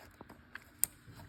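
During spark plug replacement on a 2014 Honda CR-V, an ignition coil connector is pushed home onto its ignition coil. A few faint taps and handling noises come first, then a sharp, bright snap at 0.8 s. The connector clicks in and is seated.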